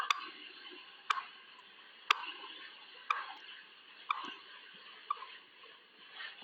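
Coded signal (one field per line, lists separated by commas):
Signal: radio time signal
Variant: WWVH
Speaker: broadcasting on internationally allocated standard carrier frequencies of 2.5, 5, 10, and 15 megahertz, providing time of day, standard time interval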